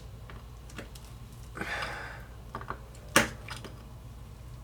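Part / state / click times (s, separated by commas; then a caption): internal part going into an RC car shock body / not seated / none. Someone tries to press an internal part into the shock body of a 1/4 scale RC race car shock by hand, but it fails to seat, and it is set aside to go to the press. A soft scraping rustle runs from about 1.6 to 2.1 s, two faint ticks follow near 2.6 and 2.7 s, and one sharp, louder tick lands at about 3.2 s over a steady low hum. Nothing has seated or clicked into place yet.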